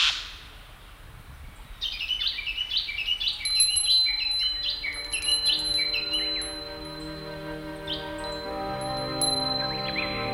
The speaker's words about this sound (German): Anbei die Vögel, die nicht nach Süden ziehen.